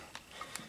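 A metal component of a Melling M155 oil pump is pressed into a groove on the pump and snapped down during installation in a Chevy 5.7 L V8. Two sharp clicks are heard at 0.2 s and 0.6 s against a quiet background. The part is seated in place.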